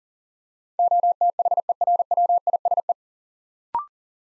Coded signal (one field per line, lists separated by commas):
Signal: Morse code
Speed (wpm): 38 wpm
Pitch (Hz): 700 Hz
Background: none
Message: OTHERWISE